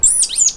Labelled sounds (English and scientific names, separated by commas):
Stitchbird (Notiomystis cincta) song